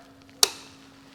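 A number eight spark plug wire terminal and its rubber boot, greased with dielectric grease, are pushed onto the distributor cap tower of a 1986 Chevrolet Monte Carlo SS engine. Faint ticks come at about 0.2 and 0.3 s, then a sharp, bright click at 0.4 s rings down over the next few tenths of a second. The terminal seats with a positive click.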